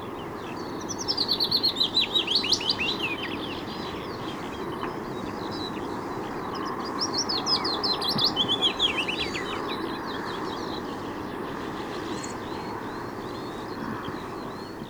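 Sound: willow warbler song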